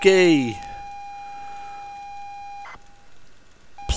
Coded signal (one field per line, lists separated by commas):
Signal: ZX Spectrum tape loading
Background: speech